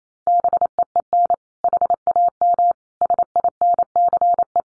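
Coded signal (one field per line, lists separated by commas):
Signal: Morse code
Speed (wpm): 28 wpm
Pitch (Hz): 700 Hz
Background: none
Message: BEEN HAM SINCE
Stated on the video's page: Morse code drill of common QSO phrases at 28 wpm for head-copy.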